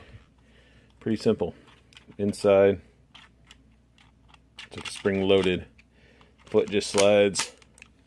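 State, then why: Not seated. Someone talks while handling a 2017 Legendary Voltron plastic combiner robot toy, sliding a lion foot into the spring-loaded leg socket, with faint plastic taps and handling noises between the words. Nothing has seated or clicked into place yet.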